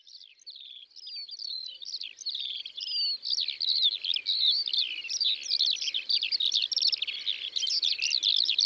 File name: Alouettes des champs Concerts Naturels de la Drome Studio les Trois Becs